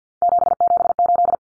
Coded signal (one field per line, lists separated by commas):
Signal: Morse code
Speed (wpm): 50 wpm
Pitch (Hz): 700 Hz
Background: none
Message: 778